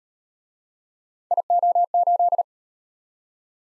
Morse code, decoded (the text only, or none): IO8